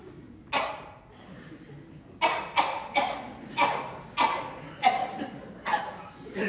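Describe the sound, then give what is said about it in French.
One sharp cough, a short pause, then a long run of harsh, raspy coughs in quick bursts from a person with a fluxion, fairly loud and steady in rhythm, with no talking over them. “Vous avez grâce à tousser.”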